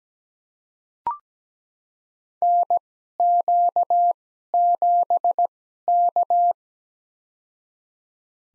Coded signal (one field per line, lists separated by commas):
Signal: Morse code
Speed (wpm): 17 wpm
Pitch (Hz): 700 Hz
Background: none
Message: NQ7K